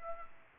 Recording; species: mosquito wingbeat signal from an infrared sensor; Aedes albopictus